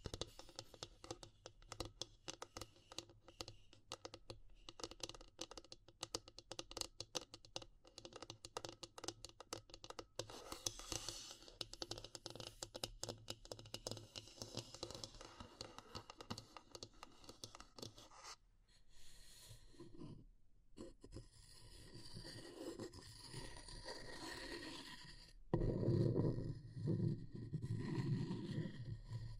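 Dense, rapid scratching and crackling on wood, bamboo and straw fills the first eighteen seconds, crisp and bright with quick irregular ticks. After a short pause the texture turns softer and rubbing, with a few breaks, then a louder, lower brushing sound closes the last few seconds.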